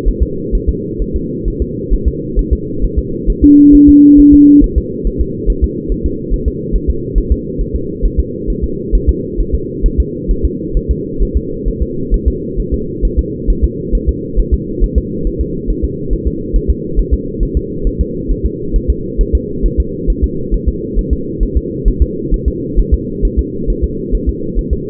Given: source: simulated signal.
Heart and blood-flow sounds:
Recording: fetal heart sounds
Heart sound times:
0.08 s: S1
0.23 s: S2
0.55 s: S1
0.69 s: S2
1.02 s: S1
1.16 s: S2
1.48 s: S1
1.62 s: S2
1.94 s: S1
2.08 s: S2
2.39 s: S1
2.53 s: S2
2.85 s: S1
2.99 s: S2
3.30 s: S1
3.44 s: S2
3.75 s: S1
3.89 s: S2
4.20 s: S1
4.34 s: S2
4.64 s: S1
4.78 s: S2
5.07 s: S1
5.21 s: S2
5.50 s: S1
5.64 s: S2
5.92 s: S1
6.06 s: S2
6.34 s: S1
6.48 s: S2
6.76 s: S1
6.90 s: S2
7.18 s: S1
7.32 s: S2
7.61 s: S1
7.76 s: S2
8.05 s: S1
8.20 s: S2
8.50 s: S1
8.64 s: S2
8.95 s: S1
9.09 s: S2
9.41 s: S1
9.55 s: S2
9.86 s: S1
10.00 s: S2
10.31 s: S1
10.45 s: S2
10.77 s: S1
10.91 s: S2
11.23 s: S1
11.37 s: S2
11.68 s: S1
11.83 s: S2
12.14 s: S1
12.28 s: S2
12.60 s: S1
12.74 s: S2
13.05 s: S1
13.19 s: S2
13.50 s: S1
13.64 s: S2
13.95 s: S1
14.09 s: S2
14.40 s: S1
14.54 s: S2
14.84 s: S1
14.98 s: S2
15.27 s: S1
15.41 s: S2
15.70 s: S1
15.85 s: S2
16.13 s: S1
16.27 s: S2
16.56 s: S1
16.70 s: S2
16.99 s: S1
17.14 s: S2
17.43 s: S1
17.57 s: S2
17.87 s: S1
18.01 s: S2
18.32 s: S1
18.46 s: S2
18.76 s: S1
18.90 s: S2
19.21 s: S1
19.35 s: S2
19.66 s: S1
19.80 s: S2
20.10 s: S1
20.24 s: S2
20.54 s: S1
20.68 s: S2
20.99 s: S1
21.13 s: S2
21.43 s: S1
21.57 s: S2
21.88 s: S1
22.02 s: S2
22.34 s: S1
22.48 s: S2
22.80 s: S1
22.94 s: S2
23.25 s: S1
23.39 s: S2
23.70 s: S1
23.84 s: S2
24.15 s: S1
24.29 s: S2
24.59 s: S1
24.73 s: S2
From the record:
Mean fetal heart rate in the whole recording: 135 bpm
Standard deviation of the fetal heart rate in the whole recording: 3 bpm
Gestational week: 36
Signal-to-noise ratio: -6.6 dB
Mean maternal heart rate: 72 bpm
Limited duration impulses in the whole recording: present

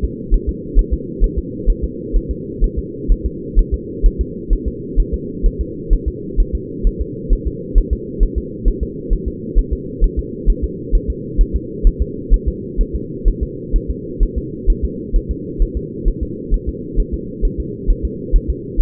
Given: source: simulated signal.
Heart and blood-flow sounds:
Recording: fetal heart sounds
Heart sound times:
0.04 s: S2
0.34 s: S1
0.49 s: S2
0.79 s: S1
0.93 s: S2
1.24 s: S1
1.39 s: S2
1.70 s: S1
1.84 s: S2
2.16 s: S1
2.31 s: S2
2.64 s: S1
2.78 s: S2
3.12 s: S1
3.26 s: S2
3.59 s: S1
3.74 s: S2
4.06 s: S1
4.21 s: S2
4.53 s: S1
4.68 s: S2
5.00 s: S1
5.14 s: S2
5.46 s: S1
5.61 s: S2
5.93 s: S1
6.08 s: S2
6.40 s: S1
6.55 s: S2
6.87 s: S1
7.02 s: S2
7.33 s: S1
7.47 s: S2
7.78 s: S1
7.93 s: S2
8.23 s: S1
8.38 s: S2
8.68 s: S1
8.83 s: S2
9.13 s: S1
9.28 s: S2
9.59 s: S1
9.73 s: S2
10.04 s: S1
10.19 s: S2
10.50 s: S1
10.64 s: S2
10.95 s: S1
11.10 s: S2
11.41 s: S1
11.56 s: S2
11.87 s: S1
12.02 s: S2
12.34 s: S1
12.48 s: S2
12.81 s: S1
12.95 s: S2
13.28 s: S1
13.43 s: S2
13.76 s: S1
13.90 s: S2
14.23 s: S1
14.38 s: S2
14.70 s: S1
14.84 s: S2
15.16 s: S1
15.31 s: S2
15.62 s: S1
15.77 s: S2
16.08 s: S1
16.23 s: S2
16.54 s: S1
16.69 s: S2
17.00 s: S1
17.14 s: S2
17.45 s: S1
17.60 s: S2
17.90 s: S1
18.05 s: S2
18.36 s: S1
18.50 s: S2
18.81 s: S1
From the record:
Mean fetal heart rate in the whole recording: 130 bpm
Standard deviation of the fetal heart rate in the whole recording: 2 bpm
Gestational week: 38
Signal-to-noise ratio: -4.1 dB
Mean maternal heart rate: no maternal heart sound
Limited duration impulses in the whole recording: absent

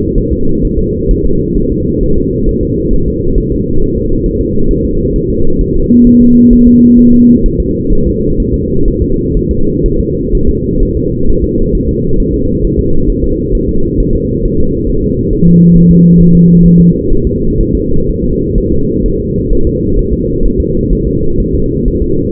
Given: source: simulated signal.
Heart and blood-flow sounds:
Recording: fetal heart sounds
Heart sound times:
0.18 s: S1
0.32 s: S2
0.65 s: S1
0.79 s: S2
1.11 s: S1
1.25 s: S2
1.57 s: S1
1.72 s: S2
2.03 s: S1
2.18 s: S2
2.49 s: S1
2.63 s: S2
2.94 s: S1
3.08 s: S2
3.38 s: S1
3.52 s: S2
3.82 s: S1
3.96 s: S2
4.26 s: S1
4.41 s: S2
4.71 s: S1
4.85 s: S2
5.16 s: S1
5.30 s: S2
5.61 s: S1
5.76 s: S2
6.07 s: S1
6.21 s: S2
6.53 s: S1
6.67 s: S2
6.99 s: S1
7.14 s: S2
7.46 s: S1
7.60 s: S2
7.93 s: S1
8.07 s: S2
8.40 s: S1
8.54 s: S2
8.88 s: S1
9.02 s: S2
9.37 s: S1
9.51 s: S2
9.86 s: S1
10.00 s: S2
10.35 s: S1
10.49 s: S2
10.83 s: S1
10.97 s: S2
11.29 s: S1
11.44 s: S2
11.75 s: S1
11.89 s: S2
12.20 s: S1
12.34 s: S2
12.65 s: S1
12.79 s: S2
13.10 s: S1
13.24 s: S2
13.55 s: S1
13.69 s: S2
14.00 s: S1
14.15 s: S2
14.45 s: S1
14.60 s: S2
14.90 s: S1
15.04 s: S2
15.33 s: S1
15.48 s: S2
15.77 s: S1
15.91 s: S2
16.21 s: S1
16.35 s: S2
16.66 s: S1
16.80 s: S2
17.12 s: S1
17.27 s: S2
17.61 s: S1
17.75 s: S2
18.09 s: S1
18.24 s: S2
18.58 s: S1
18.72 s: S2
19.06 s: S1
19.20 s: S2
19.53 s: S1
19.67 s: S2
19.99 s: S1
20.13 s: S2
20.46 s: S1
20.60 s: S2
20.93 s: S1
21.07 s: S2
21.40 s: S1
21.55 s: S2
21.88 s: S1
22.02 s: S2
From the record:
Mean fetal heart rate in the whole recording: 130 bpm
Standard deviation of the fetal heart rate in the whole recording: 4 bpm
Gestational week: 38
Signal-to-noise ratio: -17.7 dB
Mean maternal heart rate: 72 bpm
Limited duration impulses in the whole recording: present

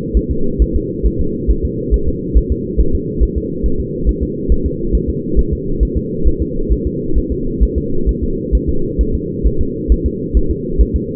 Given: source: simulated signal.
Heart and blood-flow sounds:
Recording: fetal heart sounds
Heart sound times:
0.17 s: S1
0.31 s: S2
0.62 s: S1
0.76 s: S2
1.06 s: S1
1.21 s: S2
1.51 s: S1
1.65 s: S2
1.94 s: S1
2.09 s: S2
2.38 s: S1
2.52 s: S2
2.81 s: S1
2.95 s: S2
3.23 s: S1
3.38 s: S2
3.66 s: S1
3.80 s: S2
4.09 s: S1
4.23 s: S2
4.52 s: S1
4.66 s: S2
4.95 s: S1
5.09 s: S2
5.39 s: S1
5.53 s: S2
5.83 s: S1
5.97 s: S2
6.28 s: S1
6.42 s: S2
6.72 s: S1
6.87 s: S2
7.18 s: S1
7.32 s: S2
7.63 s: S1
7.78 s: S2
8.09 s: S1
8.23 s: S2
8.55 s: S1
8.69 s: S2
9.01 s: S1
9.15 s: S2
9.47 s: S1
9.61 s: S2
9.92 s: S1
10.06 s: S2
10.37 s: S1
10.51 s: S2
10.81 s: S1
10.96 s: S2
From the record:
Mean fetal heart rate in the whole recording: 135 bpm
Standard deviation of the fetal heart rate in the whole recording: 3 bpm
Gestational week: 34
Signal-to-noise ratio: -8.1 dB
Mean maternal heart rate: 72 bpm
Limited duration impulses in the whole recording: absent

